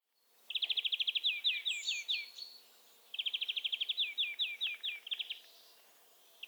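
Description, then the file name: European greenfinch trills, two long phrases of fast clipped notes slowing to looser downward-curving notes, each lasting about two seconds. "Chloris chloris"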